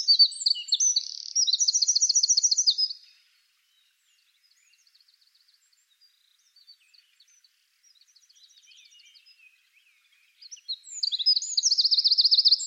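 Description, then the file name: Eurasian wren bursts into a loud, rapid trilling song, falls quiet with only faint twitters for several seconds, then launches another fast, shrill trill. "Troglodytes troglodytes"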